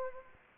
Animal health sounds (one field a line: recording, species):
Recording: mosquito wingbeat signal from an infrared sensor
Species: Anopheles gambiae